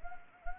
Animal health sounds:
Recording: mosquito wingbeat signal from an infrared sensor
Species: Anopheles arabiensis

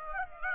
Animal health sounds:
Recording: mosquito wingbeat signal from an infrared sensor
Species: Aedes aegypti

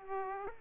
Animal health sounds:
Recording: mosquito wingbeat signal from an infrared sensor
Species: Aedes aegypti

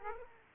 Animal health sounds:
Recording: mosquito wingbeat signal from an infrared sensor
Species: Aedes aegypti

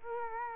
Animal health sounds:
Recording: mosquito wingbeat signal from an infrared sensor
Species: Culex quinquefasciatus

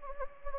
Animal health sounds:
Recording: mosquito wingbeat signal from an infrared sensor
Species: Anopheles gambiae

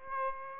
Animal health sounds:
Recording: mosquito wingbeat signal from an infrared sensor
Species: Aedes aegypti

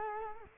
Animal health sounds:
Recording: mosquito wingbeat signal from an infrared sensor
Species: Culex quinquefasciatus

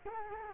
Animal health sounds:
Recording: mosquito wingbeat signal from an infrared sensor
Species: Culex quinquefasciatus

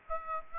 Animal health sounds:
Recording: mosquito wingbeat signal from an infrared sensor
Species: Aedes aegypti

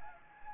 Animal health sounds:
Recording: mosquito wingbeat signal from an infrared sensor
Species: Anopheles gambiae

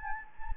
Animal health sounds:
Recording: mosquito wingbeat signal from an infrared sensor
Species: Anopheles gambiae

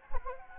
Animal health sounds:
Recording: mosquito wingbeat signal from an infrared sensor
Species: Anopheles gambiae

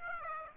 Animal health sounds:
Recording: mosquito wingbeat signal from an infrared sensor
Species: Aedes aegypti

